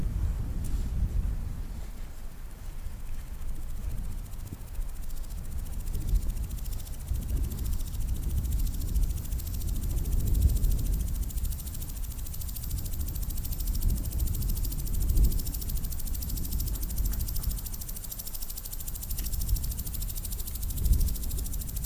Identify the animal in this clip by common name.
Common Green Grasshopper